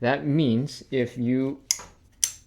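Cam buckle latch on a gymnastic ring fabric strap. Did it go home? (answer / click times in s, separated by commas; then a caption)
partly / 2.2 s. Someone talks while closing the metal cam buckle on a gymnastic ring fabric strap, with the fabric strap riding over the latch. One sharp tick is heard at 2.2 seconds. With the strap over the latch, the buckle does not latch fully.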